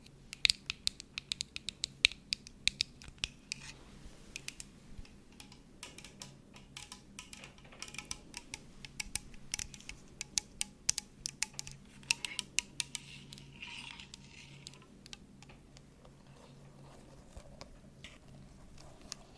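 Shaving cream crackles and fizzes right against the microphone, a dense stream of tiny sharp pops and scratches over a low steady hum. The popping is busiest in the first few seconds, then thins out and softens toward the end.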